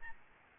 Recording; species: mosquito wingbeat signal from an infrared sensor; Aedes albopictus